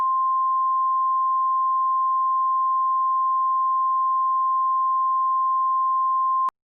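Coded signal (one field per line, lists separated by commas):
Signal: Emergency Alert System (SAME) tones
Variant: 1050 Hz attention tone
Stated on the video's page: Fictional EAS scenario, simulated alert tones for an imagined Gulf of Mexico tsunami, not a real alert.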